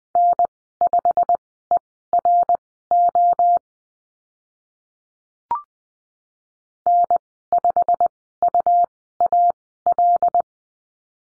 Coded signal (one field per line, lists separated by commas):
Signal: Morse code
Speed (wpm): 20 wpm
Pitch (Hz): 700 Hz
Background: none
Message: N5ERO N5UAL